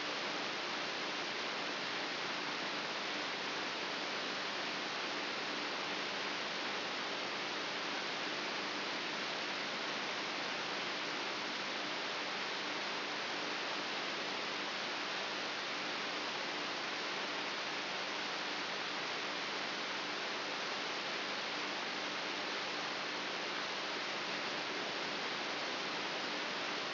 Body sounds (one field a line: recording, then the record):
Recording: brain microelectrode recording played as sound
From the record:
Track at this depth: inside the subthalamic nucleus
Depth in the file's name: 3.04 mm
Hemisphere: right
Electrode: 3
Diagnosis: Parkinson's disease